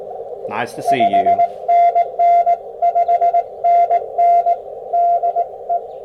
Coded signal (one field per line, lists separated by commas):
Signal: Morse code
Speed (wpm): 17 wpm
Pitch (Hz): 690 Hz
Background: speech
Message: 5NN 5NN DE